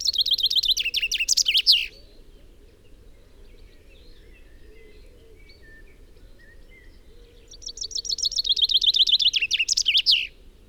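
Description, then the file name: Common chaffinch song: two trilled phrases, each ending in a flourish, separated by a pause with faint chirps. "Fringilla coelebs"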